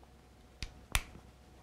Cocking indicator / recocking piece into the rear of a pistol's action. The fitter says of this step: it clicks in place and the pistol is now cocked and ready to fire